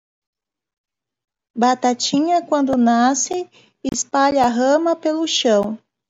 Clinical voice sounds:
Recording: short text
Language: Brazilian Portuguese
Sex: female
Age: 30 to 39 years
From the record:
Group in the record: control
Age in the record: 36 years

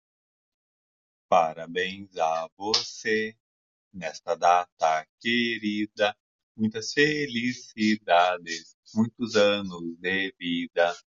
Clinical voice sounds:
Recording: short text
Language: Brazilian Portuguese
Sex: female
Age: 50 to 59 years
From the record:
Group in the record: control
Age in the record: 50 years

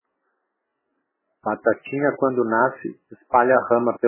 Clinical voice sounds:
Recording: short text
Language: Brazilian Portuguese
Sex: male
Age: 50 to 59 years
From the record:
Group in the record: control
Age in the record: 51 years

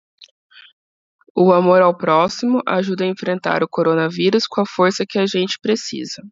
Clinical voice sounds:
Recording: spoken sentence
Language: Brazilian Portuguese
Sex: female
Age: 30 to 39 years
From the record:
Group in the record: control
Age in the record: 30 years

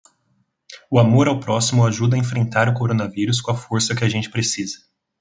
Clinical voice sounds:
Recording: spoken sentence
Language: Brazilian Portuguese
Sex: male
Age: 20 to 29 years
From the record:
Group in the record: control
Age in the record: 21 years

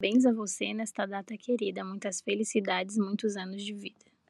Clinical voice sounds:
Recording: short text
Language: Brazilian Portuguese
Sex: female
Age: 20 to 29 years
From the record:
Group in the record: control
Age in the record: 20 years

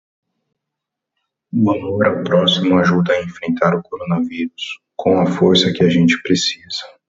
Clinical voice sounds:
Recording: spoken sentence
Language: Brazilian Portuguese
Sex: male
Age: 30 to 39 years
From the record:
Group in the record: control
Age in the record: 35 years

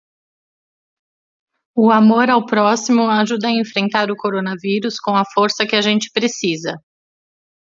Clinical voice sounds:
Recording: spoken sentence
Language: Brazilian Portuguese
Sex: female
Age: 30 to 39 years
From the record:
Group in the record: control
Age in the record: 39 years

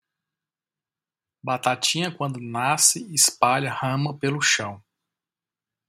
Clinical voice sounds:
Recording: short text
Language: Brazilian Portuguese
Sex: male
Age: 40 to 49 years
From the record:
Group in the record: control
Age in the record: 43 years

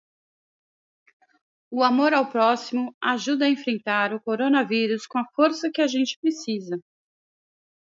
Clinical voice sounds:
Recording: spoken sentence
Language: Brazilian Portuguese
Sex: female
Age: 50 to 59 years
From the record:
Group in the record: control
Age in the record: 52 years

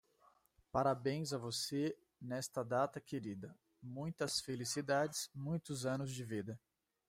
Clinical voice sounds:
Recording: short text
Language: Brazilian Portuguese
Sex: male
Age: 30 to 39 years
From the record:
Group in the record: control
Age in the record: 36 years

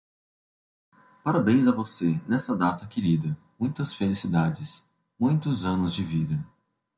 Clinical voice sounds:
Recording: short text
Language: Brazilian Portuguese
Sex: male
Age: 20 to 29 years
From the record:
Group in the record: control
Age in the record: 23 years

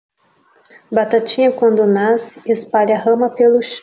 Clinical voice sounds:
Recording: short text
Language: Brazilian Portuguese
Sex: female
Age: 20 to 29 years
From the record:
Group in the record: control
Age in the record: 28 years

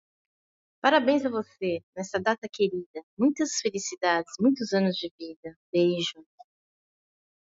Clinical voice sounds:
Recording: short text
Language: Brazilian Portuguese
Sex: female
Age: 40 to 49 years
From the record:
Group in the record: control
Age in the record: 49 years

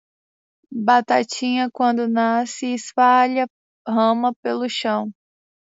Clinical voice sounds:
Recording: short text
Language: Brazilian Portuguese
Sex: female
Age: 20 to 29 years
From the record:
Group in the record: control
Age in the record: 27 years

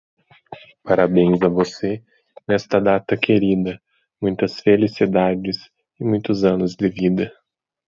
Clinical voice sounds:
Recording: short text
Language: Brazilian Portuguese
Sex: male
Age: 20 to 29 years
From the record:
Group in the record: control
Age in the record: 27 years

